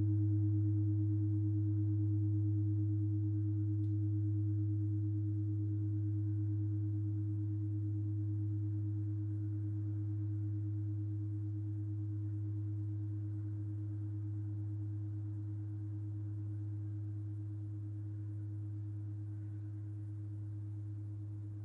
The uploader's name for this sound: Tibetan Metal Bowl Sound